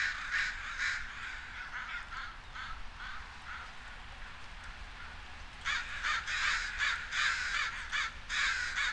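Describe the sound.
Crow producing repeated harsh caws, sparse and softer at first, then a dense volley of loud rasping caws through the second half.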